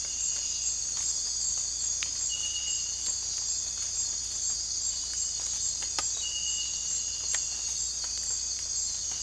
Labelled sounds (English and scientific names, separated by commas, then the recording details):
none
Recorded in dense forest near Puerto Asís, Putumayo, Colombia, on 16 December 2024 at 04:00
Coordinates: 0.466, -76.327
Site G075